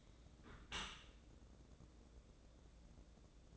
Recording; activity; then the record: daily activity, microphone in the room; close dishwasher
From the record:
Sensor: 3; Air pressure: 1012.3 hPa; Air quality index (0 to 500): 146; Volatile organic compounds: 2 ppm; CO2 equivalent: 1122 ppm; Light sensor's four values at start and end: 583/1438/592/589 and 584/1440/593/590